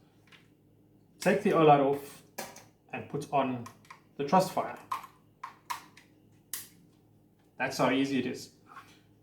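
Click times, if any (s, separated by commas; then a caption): 6.5 s. Someone talks while an Olight weapon light is taken off a pistol's accessory rail and a TrustFire GM23 weapon light is fitted in its place. A few light handling clicks come before a loud click at 6.5 s as the TrustFire light seats onto the rail, and then someone talks again.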